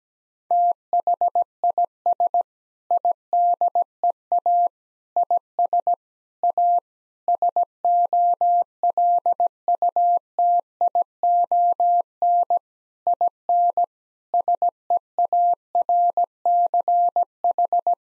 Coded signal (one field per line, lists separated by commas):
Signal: Morse code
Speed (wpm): 17 wpm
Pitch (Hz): 700 Hz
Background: none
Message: THIS IDEA IS A SOLUTION IN SEARCH